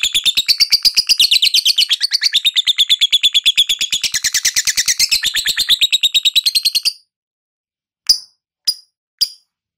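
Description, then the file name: Lovebird ngekek trill, rapid high rattling chatter for about seven seconds, then three short sharp squeaks spaced half a second apart. Lovebird performing the ngekek style, a long continuous trill; described as auto gacor, meaning it sings readily and loudly. "suara burung lovebird ngekek auto gacor"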